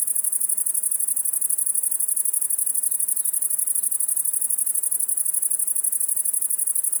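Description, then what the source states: Great Green Bush-cricket song: very rapid, rasping high-pitched pulses repeated without pause. First of the year; close individual about 1 m from microphones, one of 3-4 in south-facing Virginia creeper; very fast jerky rhythm after sun-warming; 20.4 °C; Fourcinet, Drôme, 700 m, 9 July 2018, late afternoon.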